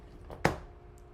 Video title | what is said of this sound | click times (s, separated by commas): Unboxing the Hasbro Megatron / HISS tank collab from the GI Joe retro / Transformers series | a little bit more give there it's not quite there we go we've locked into place | 0.4 s